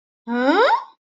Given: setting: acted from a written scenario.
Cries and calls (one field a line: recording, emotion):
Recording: vocal sound without words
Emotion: negative surprise